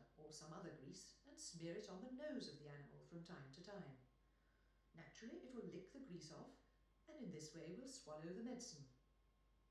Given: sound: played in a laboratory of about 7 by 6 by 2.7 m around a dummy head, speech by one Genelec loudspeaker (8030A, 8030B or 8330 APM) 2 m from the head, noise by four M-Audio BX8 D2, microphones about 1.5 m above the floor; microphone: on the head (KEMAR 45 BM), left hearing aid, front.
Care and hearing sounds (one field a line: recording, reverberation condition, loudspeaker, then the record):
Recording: female speech in English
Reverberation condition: medium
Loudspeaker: behind (180 degrees)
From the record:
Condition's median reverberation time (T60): about 510 ms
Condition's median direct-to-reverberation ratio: about -0.5 dB